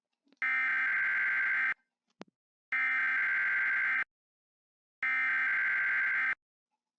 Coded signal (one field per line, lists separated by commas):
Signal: Emergency Alert System (SAME) tones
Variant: header bursts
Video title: EAS Scenario #1 - East Coast Earthquake Pt 1